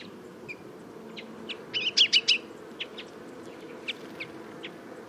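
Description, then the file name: Common chaffinch calls: short sharp chipping notes at irregular intervals, with a brief louder cluster of rapid notes near the middle, over a steady low rumbling background. "Fringilla coelebs"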